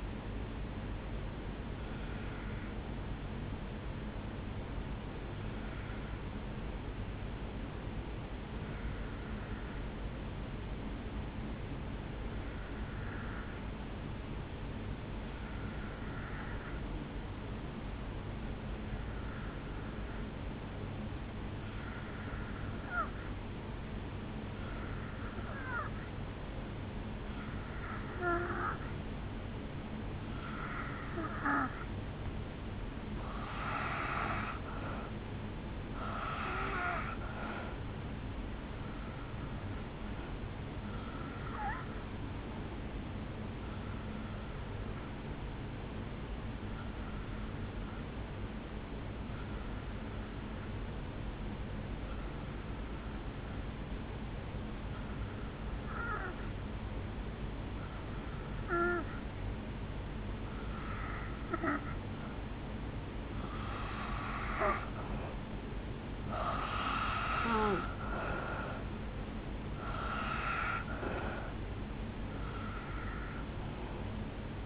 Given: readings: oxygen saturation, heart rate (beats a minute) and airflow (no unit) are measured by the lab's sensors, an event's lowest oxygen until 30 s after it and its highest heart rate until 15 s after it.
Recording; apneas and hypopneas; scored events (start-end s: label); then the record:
breathing in sleep by a voice recorder at the bedside; 2
3.00-74.66 s: new sleep stage, N2 (light sleep)
5.00-32.70 s: obstructive apnea (N2, oxygen 97% highest, then 82% lowest, heart rate 52 at the start, 68 highest)
44.00-62.20 s: hypopnea (N2, oxygen 90% highest, then 82% lowest, heart rate 67 at the start, 72 highest)
From the record:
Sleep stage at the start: N1 (lightest sleep); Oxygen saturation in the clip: 79 to 97%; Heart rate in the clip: 51 to 72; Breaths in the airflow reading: 16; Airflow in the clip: -6.7 to 3.1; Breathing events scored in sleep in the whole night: 449 in 7.0 hours asleep